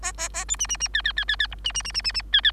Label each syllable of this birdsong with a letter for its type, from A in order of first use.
A A A B C C C D D D D D E C C C C C C D D